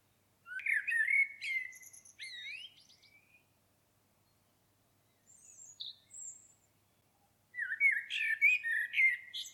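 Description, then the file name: Common blackbird song: a warbled phrase trailing into soft twitters, a quiet high squeaky interlude, then a loud new warbled phrase. "Turdus merula"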